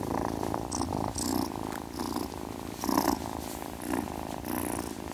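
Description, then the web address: Cat purring, a low rumbling purr that rises and falls in steady pulses about once a second. Ten-week-old kitten, purring. "BBC Cats Purring"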